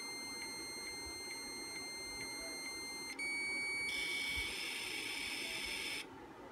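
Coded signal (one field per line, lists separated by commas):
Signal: dial-up modem handshake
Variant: 1200 baud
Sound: steady high answer tone for about four seconds, then loud rushing hiss, then stops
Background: faint electronic whine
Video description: This one has the optional 1200 baud Hayes-compatible internal modem card installed. It shows up as COM2. In this video I load ProComm from internal RAM disk D: and dial Level 29 BBS over dial up.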